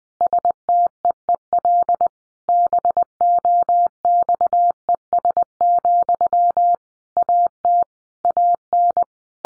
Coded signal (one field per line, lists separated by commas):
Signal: Morse code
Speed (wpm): 20 wpm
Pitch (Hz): 700 Hz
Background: none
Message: STEEL BOXES, AT AN